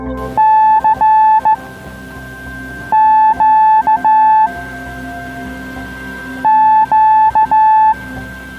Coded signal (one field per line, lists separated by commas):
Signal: Morse code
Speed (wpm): 15 wpm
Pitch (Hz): 870 Hz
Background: music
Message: CQ Q